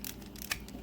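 A plastic chest panel is pushed into the torso of a transforming robot action figure during its transformation, expected to click once seated correctly. Faint plastic ticks and handling noise lead up to one sharp, bright click at 0.5 s as the panel seats. The fit is confirmed as perfect.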